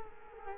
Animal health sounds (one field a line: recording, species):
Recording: mosquito wingbeat signal from an infrared sensor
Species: Culex quinquefasciatus